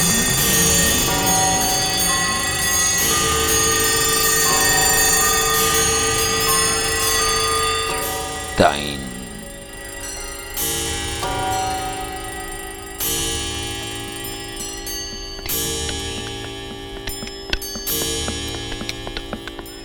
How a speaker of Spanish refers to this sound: Está sonando la puerta del sol. Cualquier día de esta suenan más fuerte las campanas, porque ya la terminan de arreglar. Tic-toc, tic-toc, time.